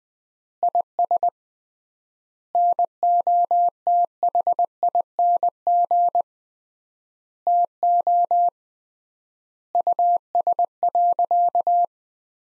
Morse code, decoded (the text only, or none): IS NOTHING TO US.